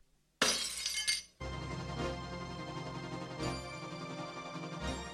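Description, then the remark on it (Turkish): Glassware in a home is smashed with a sudden bright crash and a spray of high shards for about a second, then a dense, sustained ringing rumble with scattered tinkling pieces that carries on to the end. “Böyle giderse evde kırmadığın cam eşya kalmayacak.”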